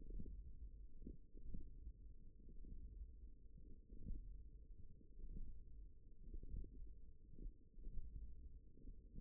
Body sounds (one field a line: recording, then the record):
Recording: forearm muscle sounds (acoustic myography)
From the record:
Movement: hand closing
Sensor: system 1, eight BSWA MPA416 microphones around the upper forearm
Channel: 4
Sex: female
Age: 20 years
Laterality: right